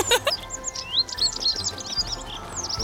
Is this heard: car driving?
no